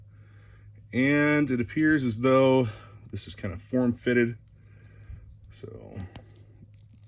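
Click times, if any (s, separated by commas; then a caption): none. Someone talks while handling a plastic backpack accessory for a plastic action figure, bringing it up to the peg hole in the back of the figure. Only soft, faint handling ticks are heard near the end, and nothing has seated or clicked yet.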